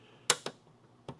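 A car door latch mechanism on a crew cab Charger is cycled and snaps shut with a sharp click at 0.3 s, followed by a softer click at 0.5 s and faint clicks around 1.1 and 1.2 s. The latch seats fully closed, giving the sound it should make.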